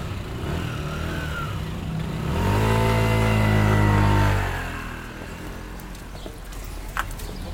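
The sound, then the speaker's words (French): A small scooter engine revs up as its rider sets off toward Avignon, 11 km away, its buzzing tone climbing and swelling loudly for a couple of seconds, then easing off into a low, steady background rumble. “Son scooter est garé sous un appentis à l'arrière du mât.”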